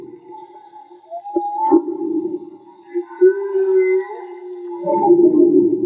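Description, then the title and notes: Whale sounds: long steady tonal moan with overlying higher wavering whistles, a couple of sharp clicks, and a rougher swell at the close. Whale song; field recording made with DIY hydrophones, audio cleaned afterwards. "CANTO DE BALLENAS MAGMA. Grabación de campo y construcción dehidrofonos DIY. Limpieza de audio."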